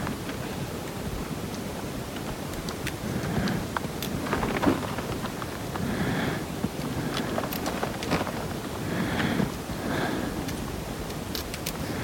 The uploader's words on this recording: From Lukla to Everest Base Camp & Kalapathar. A Soundscape composition using geo-located recordings chronologically depicting my hike up to Everest Base Camp during Sep./Oct.